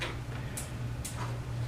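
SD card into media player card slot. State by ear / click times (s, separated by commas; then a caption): seated / 1.1 s. An SD card is pushed into the card slot of a media player until the spring latch clicks and locks it in place. A faint tick is heard around 0.6 s, then a sharp click at 1.1 s as the card seats, over a steady low hum. The card is confirmed in.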